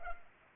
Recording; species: mosquito wingbeat signal from an infrared sensor; Culex pipiens